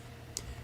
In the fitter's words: on the roller release lever we can then lift up the dancer arm until it clicks we